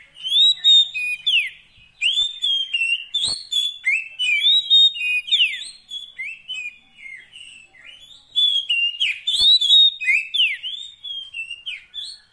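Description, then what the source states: Oriental magpie-robin pouring out continuous varied song, sweeping whistles, buzzy notes and quick chirps with hardly a pause, plus a couple of faint clicks. Fill-in (isian) training song of long duration, meant to get a kept bird singing vigorously (gacor) day and night.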